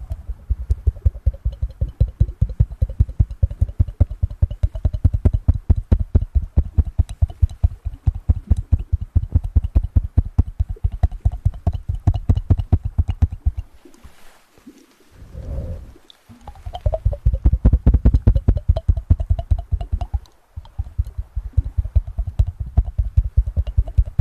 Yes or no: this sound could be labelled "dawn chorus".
no